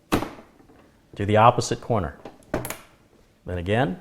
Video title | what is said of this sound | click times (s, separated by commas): How to Build a $600 PC- i5-6600, 850 EVO M.2, & Windows 10 | push down with your thumb you should hear it click | 0.1 s